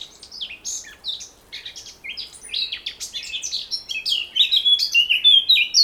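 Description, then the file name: Eurasian blackcap singing a rapid jumble of squeaky, chattering notes that swells into loud, clear whistled flourishes over the final seconds. "Sylvia atricapilla"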